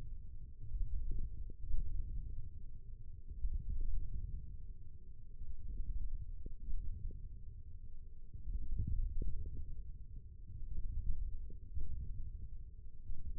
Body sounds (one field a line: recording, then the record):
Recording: forearm muscle sounds (acoustic myography)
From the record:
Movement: wrist flexion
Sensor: system 1, eight BSWA MPA416 microphones around the upper forearm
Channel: 3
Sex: male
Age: 20 years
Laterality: left